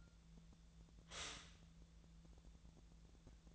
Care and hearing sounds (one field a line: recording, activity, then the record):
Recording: daily activity, microphone in the room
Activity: stop toaster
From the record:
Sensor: 3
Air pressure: 1000.2 hPa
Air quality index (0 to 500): 157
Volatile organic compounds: 3 ppm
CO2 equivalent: 1381 ppm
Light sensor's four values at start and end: 36/91/38/41 and 36/91/38/41